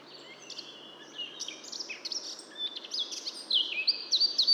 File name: Sylvia atricapilla